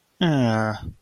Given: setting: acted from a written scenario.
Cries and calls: vocal sound without words; disappointment

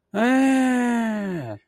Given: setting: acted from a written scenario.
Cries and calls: vocal sound without words; realization

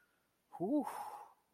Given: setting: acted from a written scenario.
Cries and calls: vocal sound without words; relief

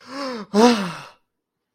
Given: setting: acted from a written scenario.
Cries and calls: vocal sound without words; fear

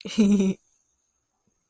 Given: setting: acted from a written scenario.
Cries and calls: vocal sound without words; elation

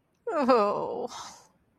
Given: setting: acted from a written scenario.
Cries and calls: vocal sound without words; embarrassment

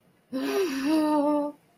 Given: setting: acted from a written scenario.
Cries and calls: vocal sound without words; fear

